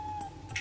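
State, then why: Not seated. A likely plastic cap is pushed onto the tube of a favourite lipstick, making a faint tap at about 0.5 s and a sharper, brighter tap at about 0.6 s over quiet background hiss. The cap does not click into place; nothing has seated or clicked, and it no longer clicks in.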